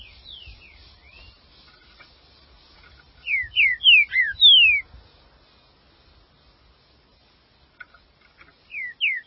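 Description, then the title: Green-winged saltator song, soft opening notes, then a strong phrase of four or five downslurred whistles, and a brief restart near the end. "Trinca Ferro"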